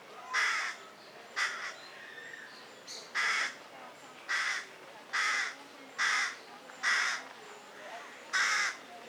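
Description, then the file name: Carrion crow giving a series of rasping caws, roughly one per second, eight or nine calls over faint background noise. "Corvus corone"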